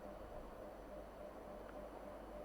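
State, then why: Not seated. The two plastic shell halves of a Subaru key fob are lined up before being pressed back together after a battery replacement. Only a steady, even background hum and hiss is heard, with no distinct handling sounds. Nothing has clicked or seated yet.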